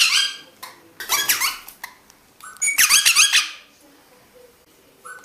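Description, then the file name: Rosella making shrill, squeaky chattering bursts separated by quiet gaps, with a short whistle at the end. "Canto da Rosela"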